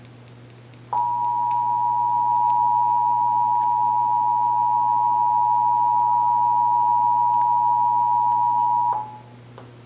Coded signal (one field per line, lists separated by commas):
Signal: Emergency Alert System (SAME) tones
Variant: 853 and 960 Hz attention tone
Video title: (EAS #564-570) February 2024 Texas Required Monthly Test